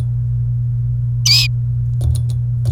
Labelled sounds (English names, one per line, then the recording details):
Domestic Canary song
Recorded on 29 April 2018 at 17:06
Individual llb3